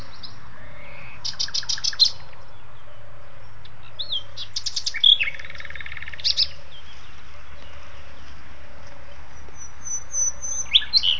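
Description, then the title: Common nightingale song in separated bursts: buzzy rattles, sharp high whistled notes and trills arriving every few seconds, over a steady low hum and background hiss. "usignolo"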